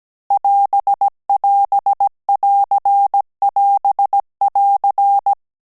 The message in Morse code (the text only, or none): <AS><AS><AR><AS><AR>